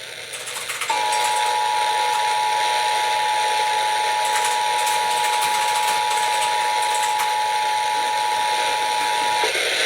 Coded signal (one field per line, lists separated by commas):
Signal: Emergency Alert System (SAME) tones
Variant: 853 and 960 Hz attention tone